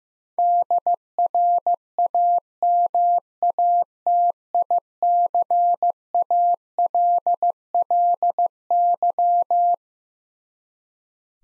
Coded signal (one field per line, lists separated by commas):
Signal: Morse code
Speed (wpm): 15 wpm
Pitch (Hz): 700 Hz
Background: none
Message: DRAMATICALLY